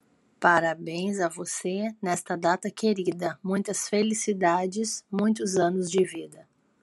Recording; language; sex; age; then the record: short text; Brazilian Portuguese; female; 40 to 49 years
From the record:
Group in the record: control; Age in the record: 40 years